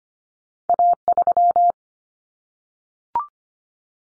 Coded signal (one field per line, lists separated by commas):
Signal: Morse code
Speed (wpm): 25 wpm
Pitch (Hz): 700 Hz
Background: none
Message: A3